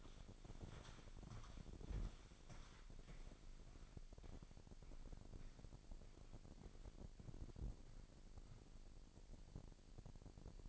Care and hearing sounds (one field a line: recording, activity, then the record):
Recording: daily activity, microphone in the room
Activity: walk to room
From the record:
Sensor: 5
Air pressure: 1012.3 hPa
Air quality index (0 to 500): 232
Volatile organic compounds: 4 ppm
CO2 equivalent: 1542 ppm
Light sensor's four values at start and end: 57/133/56/60 and 59/138/57/61